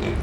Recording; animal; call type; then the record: contact call of a hoofed animal; pig; closed-mouth grunt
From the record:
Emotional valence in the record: positive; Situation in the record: food and toys in familiar pen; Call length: 0.23 s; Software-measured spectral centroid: 1690 Hz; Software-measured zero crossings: 980 a second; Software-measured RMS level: -24 dBFS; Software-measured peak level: -13 dBFS